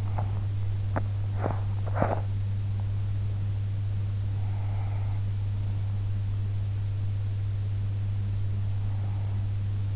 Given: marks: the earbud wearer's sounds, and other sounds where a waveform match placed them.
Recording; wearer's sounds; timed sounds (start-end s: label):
sounds in sleep by an in-ear microphone; teeth grinding, breath
0.00-2.29 s: teeth grinding
4.14-5.30 s: breath